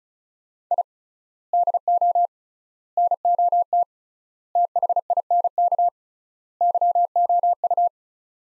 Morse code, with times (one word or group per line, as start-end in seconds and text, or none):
0.7-0.8 I
1.5-2.3 DO
3.0-3.8 NOT
4.6-5.9 THINK
6.6-7.9 YOU